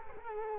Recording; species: mosquito wingbeat signal from an infrared sensor; Culex quinquefasciatus